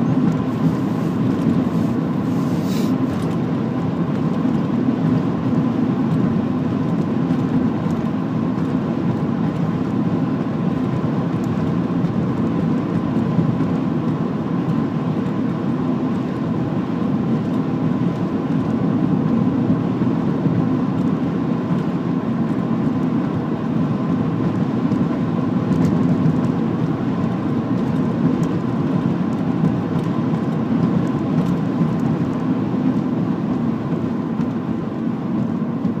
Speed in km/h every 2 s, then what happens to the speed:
100, 100, 99, 99, 99, 99, 99, 98, 98, 98, 98, 98, 98, 98, 98, 96, 91, 81.
0-29 steady at about 98. 29-36 slows to 81.